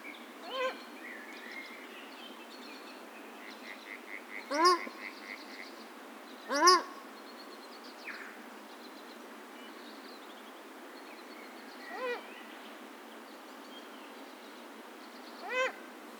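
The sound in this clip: Paradise shelduck calls, a few loud nasal honking notes spaced several seconds apart, with softer chattering bird notes in between.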